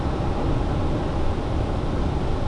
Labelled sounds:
none
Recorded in Germany
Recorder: ecoPi

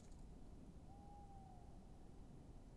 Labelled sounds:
Tawny Owl
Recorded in Germany
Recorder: ecoPi

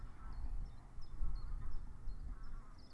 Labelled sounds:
Common Chiffchaff
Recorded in Germany
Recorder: ecoPi

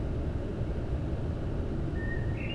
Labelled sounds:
Common Blackbird
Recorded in Germany
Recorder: ecoPi

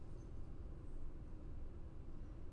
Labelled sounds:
none
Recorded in Germany
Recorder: ecoPi

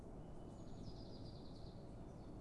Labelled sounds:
Eurasian Blue Tit
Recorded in Germany
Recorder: ecoPi

